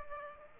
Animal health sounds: mosquito wingbeat signal from an infrared sensor; Aedes aegypti

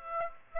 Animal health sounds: mosquito wingbeat signal from an infrared sensor; Aedes aegypti

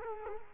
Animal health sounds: mosquito wingbeat signal from an infrared sensor; Culex quinquefasciatus

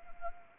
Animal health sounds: mosquito wingbeat signal from an infrared sensor; Anopheles arabiensis

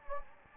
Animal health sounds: mosquito wingbeat signal from an infrared sensor; Anopheles gambiae

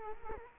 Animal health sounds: mosquito wingbeat signal from an infrared sensor; Culex quinquefasciatus

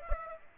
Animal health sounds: mosquito wingbeat signal from an infrared sensor; Aedes aegypti

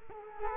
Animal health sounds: mosquito wingbeat signal from an infrared sensor; Culex quinquefasciatus

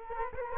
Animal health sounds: mosquito wingbeat signal from an infrared sensor; Culex quinquefasciatus

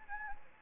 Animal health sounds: mosquito wingbeat signal from an infrared sensor; Anopheles gambiae

